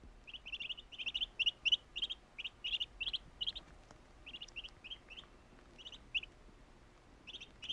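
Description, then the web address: Duck peeping calls: thin, high chirps in quick irregular bursts, some doubled, running through the whole stretch with brief gaps. "утки"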